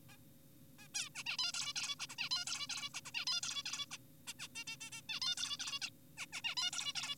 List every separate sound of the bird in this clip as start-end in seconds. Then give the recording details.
0.09-0.17, 0.79-0.88, 0.94-1.09, 1.15-1.24, 1.26-1.37, 1.39-1.52, 1.54-1.73, 1.76-1.95, 1.99-2.07, 2.10-2.16, 2.18-2.29, 2.31-2.45, 2.47-2.67, 2.70-2.90, 2.94-3.01, 3.06-3.12, 3.14-3.25, 3.27-3.41, 3.43-3.63, 3.66-3.86, 3.91-3.98, 4.28-4.34, 4.39-4.48, 4.56-4.64, 4.68-4.77, 4.81-4.90, 4.92-5.02, 5.09-5.20, 5.22-5.35, 5.38-5.57, 5.60-5.80, 5.82-5.90, 6.18-6.26, 6.33-6.41, 6.44-6.55, 6.57-6.71, 6.73-6.93, 6.95-7.16. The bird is an adult. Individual g4p5U